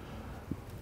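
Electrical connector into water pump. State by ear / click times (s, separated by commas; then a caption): not seated / none. An electrical connector is being handled onto the water pump of a BMW E83 X3 with the N52 engine during a water pump and thermostat replacement. A steady low background hum carries through, with a brief, soft low-pitched bump around 0.5 s. The connector has not clicked or seated yet.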